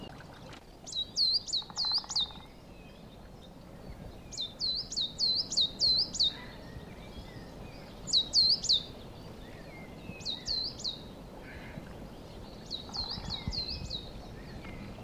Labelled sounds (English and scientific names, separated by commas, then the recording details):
Coal Tit (Periparus ater)
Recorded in the wild
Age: adult
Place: Mirnock, Kärnten, AT
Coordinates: 46.758, 13.714
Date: 1972-04-03
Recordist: Brunner, Thomas